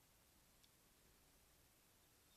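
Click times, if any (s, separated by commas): none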